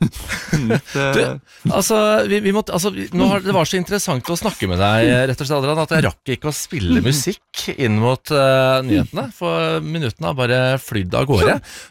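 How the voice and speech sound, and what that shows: A man speaks fluent, clear Norwegian at an easy broadcast pace as he closes a radio interview: ordinary speech.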